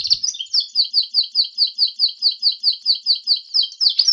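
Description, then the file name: Berner canary giving a steady repeated trill, the same downslurred chirp repeated rapidly, ending in a brief twitter. "kenari berner omkicau"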